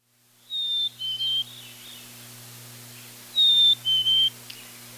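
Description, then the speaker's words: Chickadee song: a clear, sweet whistle of one higher note followed by two lower ones, given twice about three seconds apart over a faint steady hum. Sings nearly every day in late February; a sweet two- or three-note whistle that penetrates even a double-paned window. "Chickadees are singing just about every day now."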